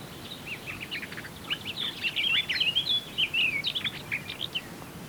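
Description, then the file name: Eurasian blackcap song: a rapid, chattering warble of high twittering notes that builds in the middle with a few clearer whistled slurs, over steady background hiss. "Sylvia atricapilla"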